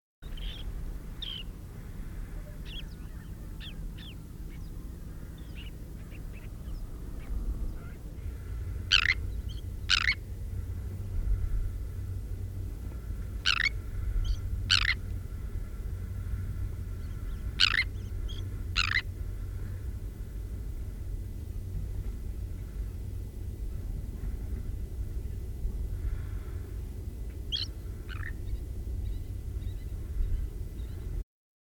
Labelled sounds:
Sandwich Tern call
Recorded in the wild
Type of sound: call
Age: juvenile
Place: Zicker, Insel Rügen, Mecklenburg-Vorpommern, DE
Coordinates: 54.296, 13.683
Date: 1971-09-04
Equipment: Nagra III BH, Sennheiser MD 21, parabola
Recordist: Schubert, Michael
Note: Brandseeschwalbe adult. + juvenil fliegend

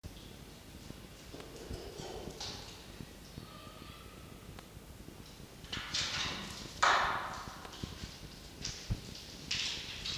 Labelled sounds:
Red Fox
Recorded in captivity
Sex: male
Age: adult
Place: Zoologisches Institut der HUB, Berlin, DE
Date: 1953-03-17 18:45
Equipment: Elmetra
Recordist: Tembrock, Günter

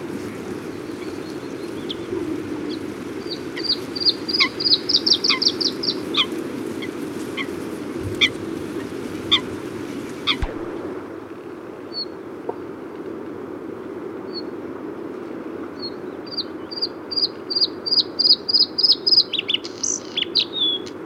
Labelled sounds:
Bluethroat song
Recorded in the wild
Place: Galenbeck, Mecklenburg-Vorpommern, DE
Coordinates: 53.626, 13.721
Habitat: Lake
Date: 1980-04-18
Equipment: Nagra III BH, Sennheiser MD 21, parabola
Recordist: Schubert, Michael

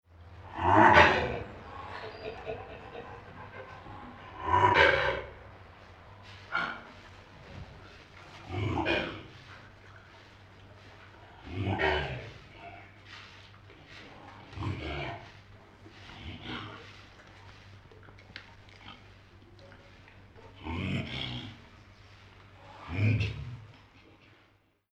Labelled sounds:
Mandrill
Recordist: Tembrock, Günter
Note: Lautfolgen eines Männchens

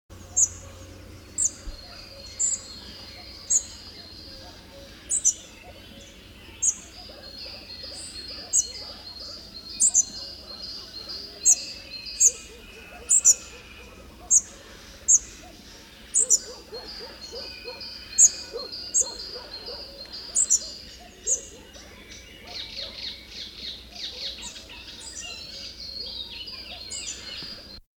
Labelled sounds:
Spotted Flycatcher song
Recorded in the wild
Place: Ciucurova, Dobrogea, RO
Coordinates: 44.933, 28.483
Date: 1976-05-30
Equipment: Nagra III BH, Sennheiser MD 21, parabola
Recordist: Schubert, Michael
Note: Gesang Grauschnäpper

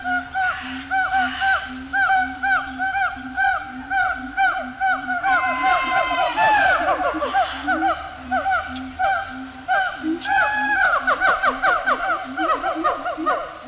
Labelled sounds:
Siamang
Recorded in captivity
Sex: pair
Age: adult
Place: Münchner Tierpark Hellabrunn, Bayern, DE
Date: 1993-09-20 11:21
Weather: 17 °C, heiter
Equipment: Marantz CP 430, Sennheiser MKH 416 T, Kopie Uher Variocord 263
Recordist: Tembrock, Günter

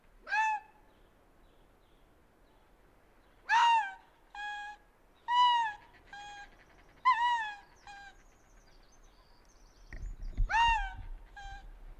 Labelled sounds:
Arctic Fox call
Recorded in the wild
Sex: male
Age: adult
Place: Insel Mednyi, Kommandeur-Inseln, RU
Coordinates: 54.5167, 168.083
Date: 1999-07-16 11:48
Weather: Hochnebel, 7,3°C, am Strand klare Sicht, kein Wind
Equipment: Sony WM-D6C, Sennheiser ME 80, Schalter I, Windkorb, Kopie Tascam DA 30
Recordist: Frommolt, Karl-Heinz

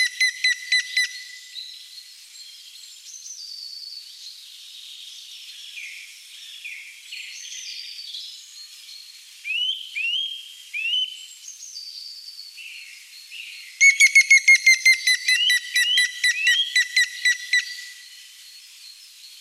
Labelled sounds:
Grey-headed Woodpecker song
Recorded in the wild
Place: Jägerhof / Breisach am Kaiserstuhl, Baden-Württemberg, DE
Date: 1989-04-15
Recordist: Schwarz, Dieter

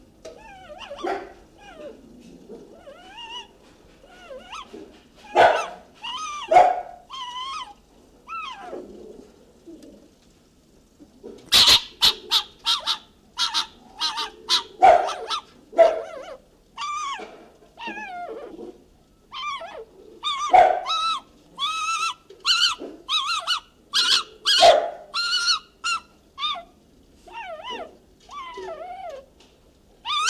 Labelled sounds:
Fennec Fox
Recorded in captivity
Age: adult
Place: Tierpark Berlin, Berlin, DE
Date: 1969-03-22 10:00
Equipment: Uher 4200 Report Stereo, Sennheiser MD 421, Verstärker 1, Doppelspuraufnahme
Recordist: Tembrock, Günter

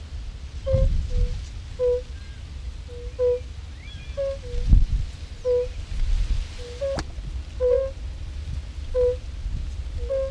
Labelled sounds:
Fire-Bellied Toad call
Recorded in the wild
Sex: male
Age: adult
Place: Falkenberger Rieselfelder, Barnim, Berlin, DE
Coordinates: 52.5839, 13.5542
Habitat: pond
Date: 1991-06-25 16:40
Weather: bewölkt; Wasser: 23,4°C; Luft: 23,2°C; schwach windig
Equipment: Uher 4400 Report Stereo IC, RFT DM 2415
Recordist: Lindner, Uwe

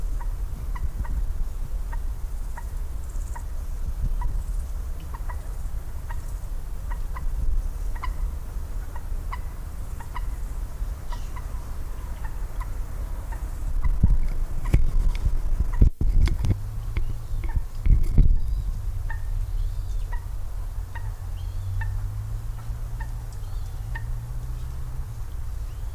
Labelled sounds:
Common Moorhen call
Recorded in the wild
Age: adult
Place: Mühlenbeck, Brandenburg, DE
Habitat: wetland
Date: 1997-08-03 12:50
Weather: 24°C, heiter
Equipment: Sony MD-WM MZ-R3, Sennheiser ME 80, K 30 AV, Kopie Uher 4000 Report Monitor
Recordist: Tembrock, Günter

